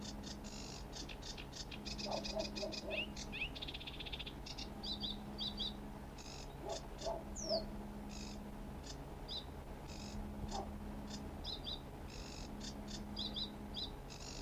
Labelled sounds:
Sedge Warbler song
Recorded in the wild
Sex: male
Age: adult
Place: Krakow am See, Mecklenburg-Vorpommern, DE
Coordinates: 53.6508, 12.2675
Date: 1963-06-26 23:00
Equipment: Reporter R 26
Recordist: Neubauer, Axel

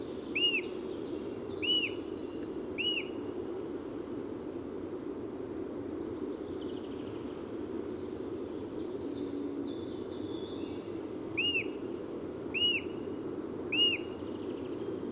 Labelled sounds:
Eurasian Sparrowhawk call
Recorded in the wild
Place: Leszno, Großpolen, PL
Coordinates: 51.842, 16.594
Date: 1987-07-20
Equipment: Nagra III BH, Sennheiser MD 21, parabola
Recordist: Schubert, Michael
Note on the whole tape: Zwei Sperber, einer ruft hoch, einer tief

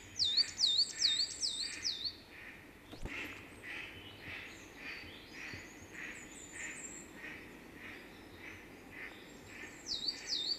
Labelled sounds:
Coal Tit song
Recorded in the wild
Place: Schmelz, Saarland, DE
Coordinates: 49.4789, 6.87778
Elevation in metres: 240
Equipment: Nagra IV, Sennheiser MKH 405, Parabolreflektor
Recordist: Tretzel, Erwin

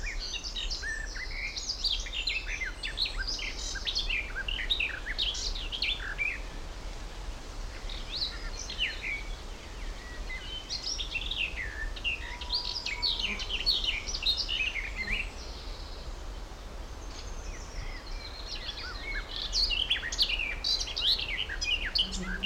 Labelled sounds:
Garden Warbler
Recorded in the wild
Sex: male
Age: adult
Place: Blankenfelde, Tegeler Fließ, Berlin, DE
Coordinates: 52.645, 13.395
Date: 1992-05-31 11:06
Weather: sonnig, 23-26°C
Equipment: Marantz CP 430, Sennheiser ME 80, K 30 AV, Kopie Tesla B 116
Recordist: Tembrock, Günter

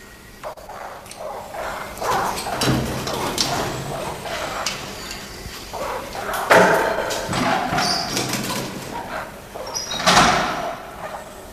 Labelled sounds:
De Brazza's Guenon call
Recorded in captivity
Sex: diverse
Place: Zoo Leipzig, Sachsen, DE
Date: 1992-01-11
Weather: bedeckt, 0°C
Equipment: Nagra SN, Kopie Tesla B 116
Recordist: Tembrock, Günter
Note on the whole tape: Weibchen mit Jungem (geboren am 4.11.91) am Bauch, Keckern gegen den Beobachter und Laute des Jungen

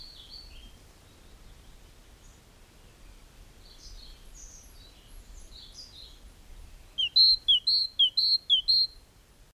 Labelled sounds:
Great Tit song
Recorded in the wild
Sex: male
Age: adult
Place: Schloß Holte-Stukenbrock, Senne, Nordrhein-Westfalen, DE
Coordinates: 51.8683, 8.6575
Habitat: farm
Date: 1967-05-20
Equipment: Uher 4000 Report-S, Bändchenmikro Beyer M 260, Parabolspiegel Polyester (470 mm)
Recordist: Conrads, Klaus
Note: Hof Brock (Furlbach-Gebiet). Männchen: Gesang

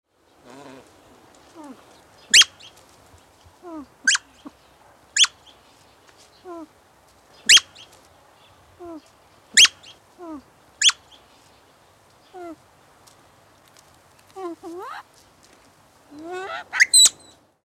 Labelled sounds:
Silver Pheasant
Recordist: Tembrock, Günter
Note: Rufe des Weibchens

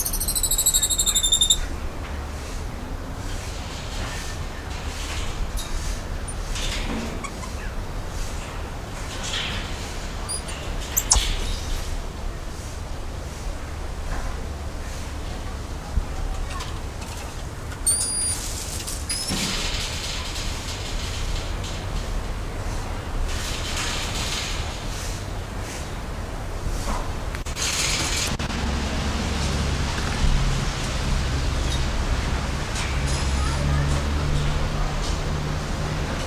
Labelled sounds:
Goeldi's Marmoset call
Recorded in captivity
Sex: group
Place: Zoo Münster, Nordrhein-Westfalen, DE
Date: 1991-09-24 16:08
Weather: schwül, 22-24°C
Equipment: Marantz CP 430, Sennheiser ME 80, K 30 AV, Kopie Tesla B 116
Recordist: Tembrock, Günter

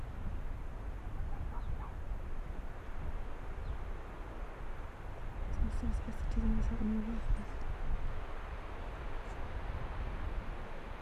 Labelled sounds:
Arctic Fox
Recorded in the wild
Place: Insel Mednyi, Kommandeur-Inseln, RU
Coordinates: 54.5167, 168.083
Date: 1999-07-07 19:10
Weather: Nebel, 6°C, starker Westwind
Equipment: Sony WM-D6C, Sennheiser ME 80, K 30 AV, Windkorb, Kopie Tascam DA 30
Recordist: Jakupi, Antje
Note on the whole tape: Südosten der Insel, Geröllfeld: 1 Tier bellt aus Nachbartal des Geröllfeldes (nordwestlich), zweites Tier aus Gerölltal. Das Tier im Tal befindet sich am Ende, da wo Tal noch zu sehen ist. Tiere nicht gesehen. 1 Bellstrophe aufgezeichnet. Entfernung 40 m

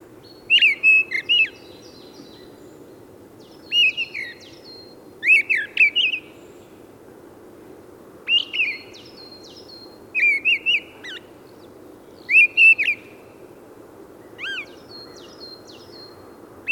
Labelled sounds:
Mistle Thrush song
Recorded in the wild
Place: Hanshagen, Mecklenburg-Vorpommern, DE
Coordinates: 53.805, 11.149
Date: 1975-03-22
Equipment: Nagra III BH, Sennheiser MD 21, parabola
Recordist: Schubert, Michael

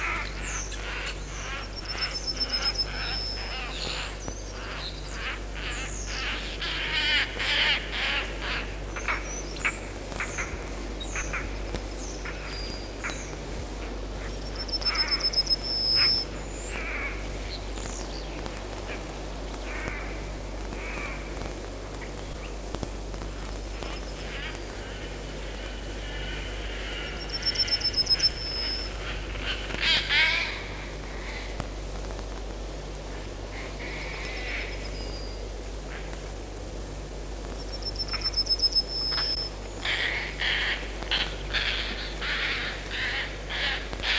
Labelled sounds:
European Roller
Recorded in the wild
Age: adult
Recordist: Meyer, Hugo

